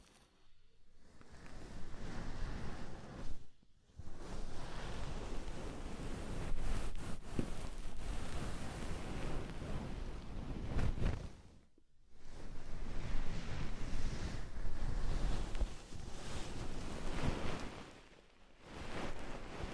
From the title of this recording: ASMR Oil, Foam and Tingly Ear Massage